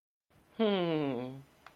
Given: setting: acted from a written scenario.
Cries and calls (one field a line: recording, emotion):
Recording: vocal sound without words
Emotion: amusement